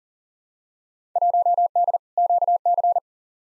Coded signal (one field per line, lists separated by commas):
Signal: Morse code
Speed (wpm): 40 wpm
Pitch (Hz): 700 Hz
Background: none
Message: 1D QC